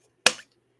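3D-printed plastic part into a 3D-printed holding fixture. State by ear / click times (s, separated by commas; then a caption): seated / 0.3 s. A 3D-printed plastic part is pushed into its 3D-printed holding fixture and snaps home with a sharp click lock at 0.3 s, a bright broadband snap that decays quickly. The fit took several test prints to make it snap in, and the part is confirmed seated.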